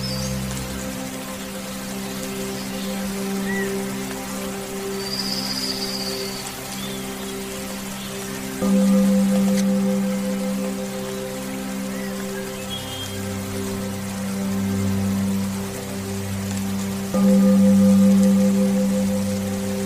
Meditation music, soothing rain sounds, and distant thunder